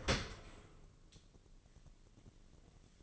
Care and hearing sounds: daily activity, microphone in the room; open dishwasher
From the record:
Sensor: 4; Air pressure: 1013.2 hPa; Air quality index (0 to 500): 171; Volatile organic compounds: 2 ppm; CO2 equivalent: 1076 ppm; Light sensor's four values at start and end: 82/204/85/87 and 81/202/84/86

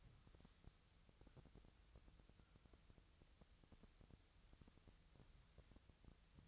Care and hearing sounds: daily activity, microphone in the room; wipe stove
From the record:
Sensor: 3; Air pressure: 1001.6 hPa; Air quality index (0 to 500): 222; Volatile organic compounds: 30 ppm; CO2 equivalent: 2950 ppm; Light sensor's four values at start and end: 11/33/14/12 and 10/33/14/12

